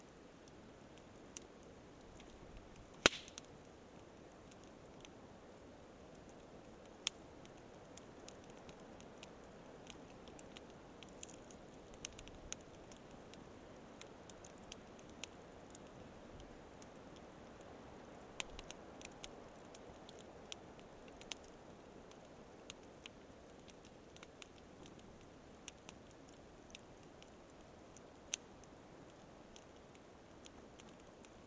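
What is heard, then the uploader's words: A campfire burns with a soft, steady hiss underneath and frequent small crackles scattered throughout. Sharper pops stand out now and then, the loudest near the three-second mark and others around seven, eighteen and twenty-eight seconds. It sounds fairly even. Camp Fire Head Phase. The Gower, July 2020. Recorded using the Sennheiser AMBEO Smart Headset.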